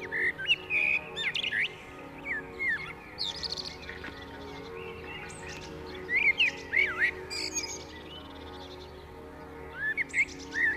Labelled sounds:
Common Blackbird (Turdus merula) song

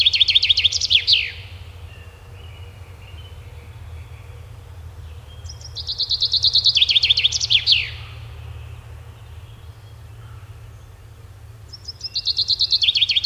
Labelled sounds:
Common Chaffinch (Fringilla coelebs) song

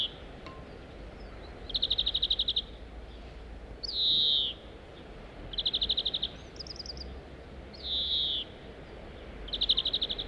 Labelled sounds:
European Greenfinch (Chloris chloris) call

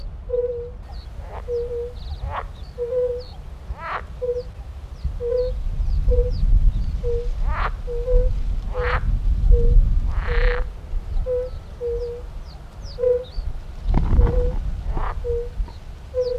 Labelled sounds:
Fire-Bellied Toad (Bombina bombina) call

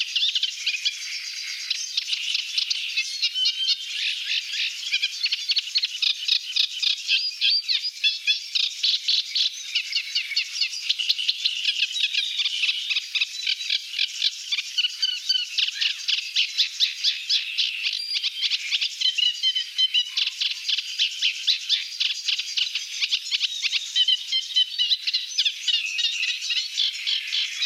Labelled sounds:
Eurasian Reed Warbler (Acrocephalus scirpaceus) song

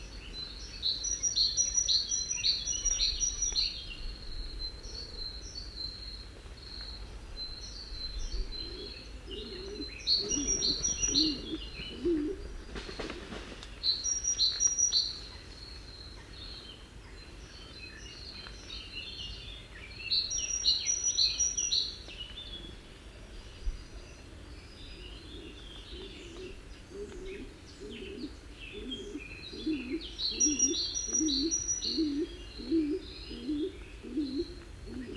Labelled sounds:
Stock Dove (Columba oenas) call

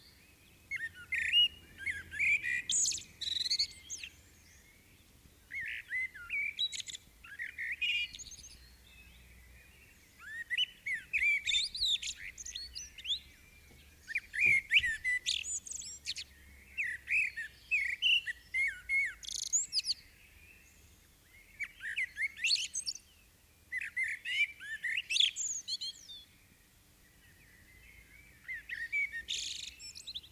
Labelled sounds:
Common Blackbird (Turdus merula) song

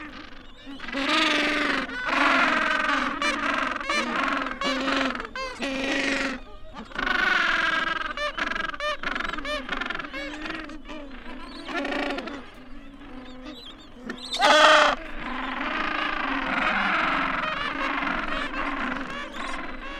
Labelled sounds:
Gentoo Penguin (Pygoscelis papua) call

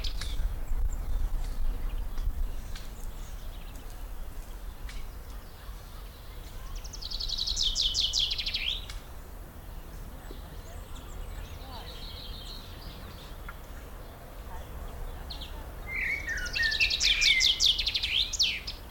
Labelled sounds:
Common Blackbird (Turdus merula)

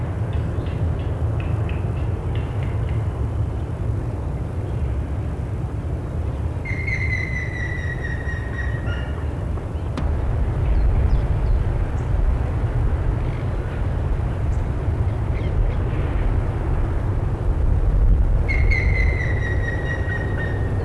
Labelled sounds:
Grey-headed Woodpecker (Picus canus)

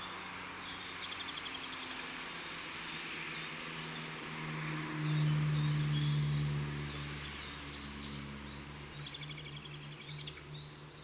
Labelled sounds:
Common Blackbird (Turdus merula) call

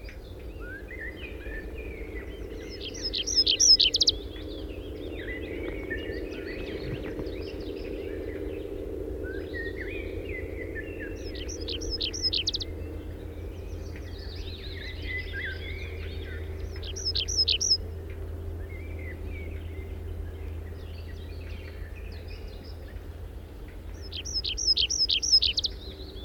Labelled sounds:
Tree Pipit (Anthus trivialis) song

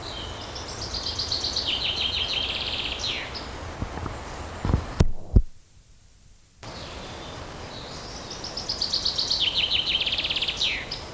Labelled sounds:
Common Chaffinch (Fringilla coelebs) song

